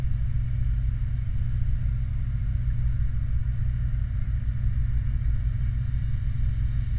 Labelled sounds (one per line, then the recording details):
truck
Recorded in the Prudhoe Bay oil fields, Alaska, on 29 July 2019 at 01:10
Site 29